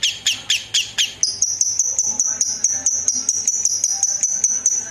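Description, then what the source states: Lovebird song of sharp, high chirps, repeated rapidly in a steady pulsing run, first as separate loud notes, then as a fast even trill. Lovebird song presented as master material for training other songbirds.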